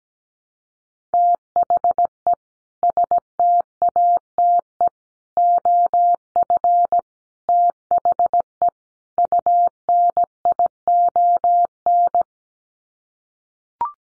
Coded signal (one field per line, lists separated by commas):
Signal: Morse code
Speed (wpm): 17 wpm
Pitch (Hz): 700 Hz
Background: none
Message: THE STATE OF THE UNION